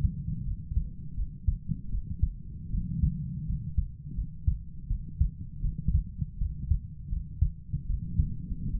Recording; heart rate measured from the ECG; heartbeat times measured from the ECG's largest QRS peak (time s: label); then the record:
heart sounds by stethoscope; 80 bpm
0.45 s: heartbeat
1.16 s: heartbeat
1.91 s: heartbeat
2.71 s: heartbeat
3.46 s: heartbeat
4.16 s: heartbeat
4.89 s: heartbeat
5.62 s: heartbeat
6.39 s: heartbeat
7.10 s: heartbeat
7.88 s: heartbeat
8.72 s: heartbeat
From the record:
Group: healthy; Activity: rest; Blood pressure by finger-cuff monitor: 111/63 mmHg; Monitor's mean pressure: 81 mmHg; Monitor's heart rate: 81 bpm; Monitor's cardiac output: 7.4 L/min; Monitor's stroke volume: 92 mL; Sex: female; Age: 22 years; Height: 160 cm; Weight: 63 kg